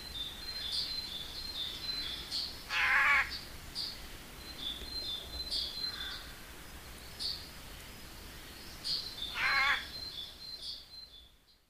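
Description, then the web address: Eurasian jay with two hoarse, grating screeches several seconds apart, amid thin high whistles of other small birds. "agykontroll Madardalok Cd 2. Szajkó"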